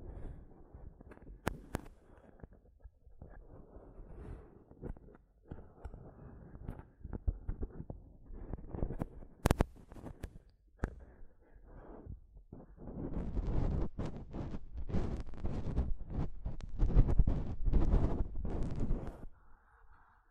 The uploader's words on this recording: ASMR Mic Tapping and Scratching (No Talking).